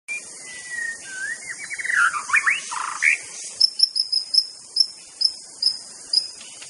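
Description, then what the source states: White-rumped shama song, a few whistled slurred phrases early on, then a run of short sharp high notes, over a steady high insect drone. Wild bird recorded in forest.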